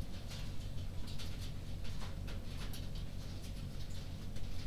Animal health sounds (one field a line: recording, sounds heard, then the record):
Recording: poultry house recording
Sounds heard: no chicken sound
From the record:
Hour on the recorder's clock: 22